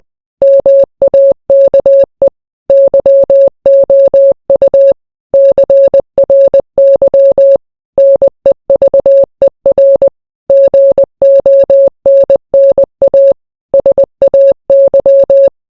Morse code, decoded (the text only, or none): MAKE YOU CRY NEVER GONNA SAY